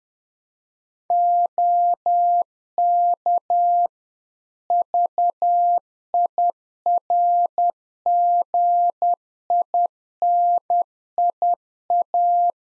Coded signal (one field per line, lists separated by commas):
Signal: Morse code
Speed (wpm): 10 wpm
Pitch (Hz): 700 Hz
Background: none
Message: OK VIRGINIA